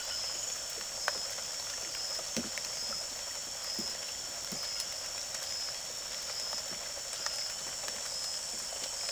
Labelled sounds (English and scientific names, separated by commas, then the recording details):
none
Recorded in secondary vegetation near Puerto Asís, Putumayo, Colombia, on 24 June 2025 at 18:30
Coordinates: 0.489, -76.322
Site G021